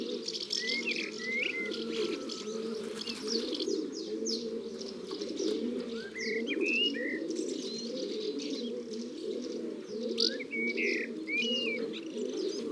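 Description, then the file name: Rock dove cooing: a continuous low, throaty chorus of overlapping coos from several birds, with sharp chirps and a few whistled notes from small birds above. Domestic pigeon. "Pigeon domestique biset ABC des chants doiseaux"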